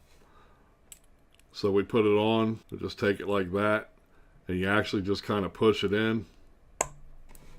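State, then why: Seated. Someone talks while pushing the replaceable glass tank of an Aspire Atlantis into its tank section housing, where small notches grip it. A sharp pop at 6.8 s marks the tank seating in place as a pressure fit.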